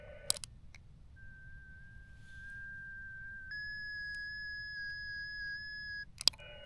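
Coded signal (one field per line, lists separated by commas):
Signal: FT8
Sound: steady whistle-like tone around 1.6 kHz with slight pitch steps, clicks before and after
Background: button clicks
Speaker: I'll hit transmit on the phone, and I'll hold this to the mic, to the speaker, and push the push to talk button. So I've set the transceiver now. The G90 is tuned to 14074. If I go transmit, we got, because it's all time based FT8, we got 8 seconds to wait. Here we go. 2, 1.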